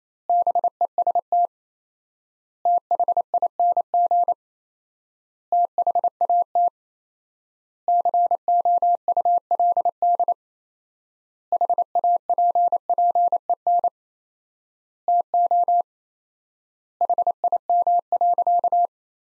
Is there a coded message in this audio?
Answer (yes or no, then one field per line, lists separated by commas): yes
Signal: Morse code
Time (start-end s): 0.3-18.9 s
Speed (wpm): 28 wpm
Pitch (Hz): 700 Hz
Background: none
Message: BEST THING THAT COULD HAPPEN TO HIM.